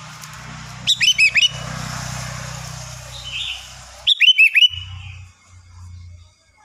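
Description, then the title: Sooty-headed bulbul calling two cheerful phrases of quick, liquid, up-and-down notes, with a low engine drone in the background. "Kutilang"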